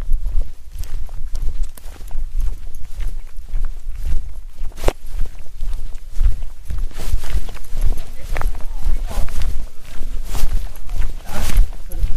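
A walk in the woods: footsteps crunch and thud in an irregular stream of short, sharp hits, with a steady low rumble underneath. Louder crackling steps cluster in the second half, and a faint voice may come through briefly.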